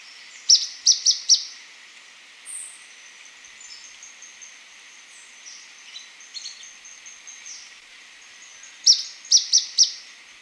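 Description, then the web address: Ornate flycatcher calls: quick sets of three or four sharp, high piercing notes, one set at the start and another near the end, over a thin steady background hiss. Recorded in Ecuador. "Natures Songs S America Birds of Ecuador 407 Ornate Flycatcher"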